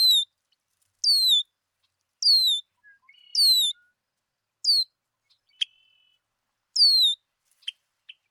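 Red-winged blackbird calls: high slurred whistles falling in pitch, repeated several times, with a few faint buzzy notes and clicks between them.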